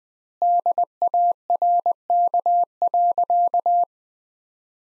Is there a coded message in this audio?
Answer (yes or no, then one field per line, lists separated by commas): yes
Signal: Morse code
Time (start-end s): 0.4-3.8 s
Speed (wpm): 20 wpm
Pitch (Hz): 700 Hz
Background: none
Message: DARK.